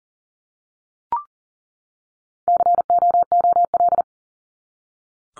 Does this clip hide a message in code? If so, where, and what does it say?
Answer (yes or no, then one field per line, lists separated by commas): yes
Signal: Morse code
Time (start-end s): 2.5-4.0 s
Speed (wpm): 40 wpm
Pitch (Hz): 700 Hz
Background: none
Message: COOL